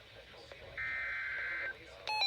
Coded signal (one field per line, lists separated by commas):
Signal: Emergency Alert System (SAME) tones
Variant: header bursts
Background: speech